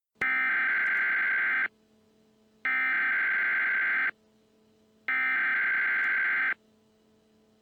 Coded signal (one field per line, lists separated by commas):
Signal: Emergency Alert System (SAME) tones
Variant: header bursts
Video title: EAS MOCK - Evil Darwin Part 2